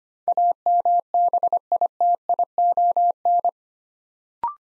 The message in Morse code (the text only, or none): AMBITION